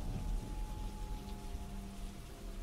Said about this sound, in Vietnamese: Sấm sét ngoài trời cứ đinh tai nhức óc cùng với tiếng mưa mù mịt.